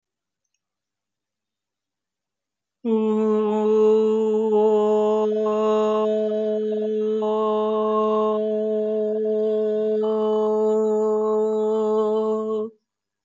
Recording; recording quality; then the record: sustained vowel as in boot; excellent, no background noise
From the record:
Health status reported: healthy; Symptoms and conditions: none ticked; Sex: male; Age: 22 years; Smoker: not ticked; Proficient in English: yes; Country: India